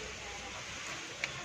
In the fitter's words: So ganoon lang, nag-lock na siya.